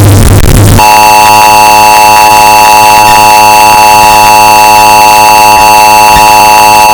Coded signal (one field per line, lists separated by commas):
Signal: Emergency Alert System (SAME) tones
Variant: 853 and 960 Hz attention tone